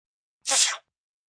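One sharp, hissy sneeze burst about a third of a second long, an acted human sneeze sound effect.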